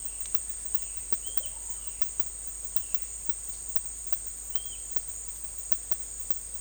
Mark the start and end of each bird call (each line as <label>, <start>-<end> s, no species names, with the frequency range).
bird call (2.0-3.7 kHz), 1.21-1.51 s
bird call (2.2-3.5 kHz), 4.52-4.79 s